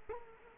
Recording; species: mosquito wingbeat signal from an infrared sensor; Culex quinquefasciatus